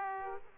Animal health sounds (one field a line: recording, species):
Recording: mosquito wingbeat signal from an infrared sensor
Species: Aedes aegypti